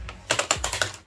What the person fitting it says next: hear the clicks? Very satisfying sound actually.